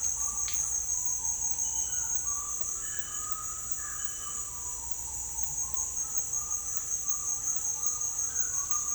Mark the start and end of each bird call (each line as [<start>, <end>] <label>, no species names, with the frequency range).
[0.93, 5.52] bird call (0.4-2.2 kHz)
[6.98, 8.95] bird call (0.6-1.8 kHz)